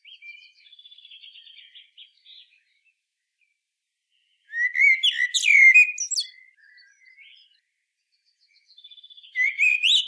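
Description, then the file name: Common blackbird singing: a quiet trilled passage, then a loud mellow phrase with shrill high flourishes, soft notes after it, and a new phrase starting at the end. "Turdus merula"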